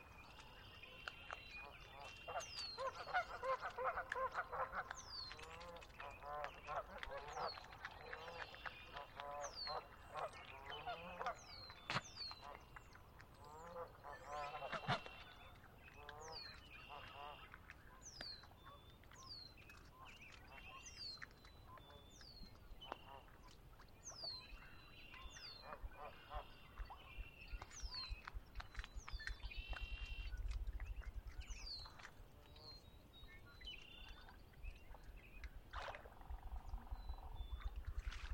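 Dawn at Conner's Lake brings a dense chorus of birdsong, with quick repeated chirps and bright downward whistles filling the whole 38 seconds. Lower honking calls, goose- or duck-like, come in bursts early on, and a low rumble rises near the thirtieth second.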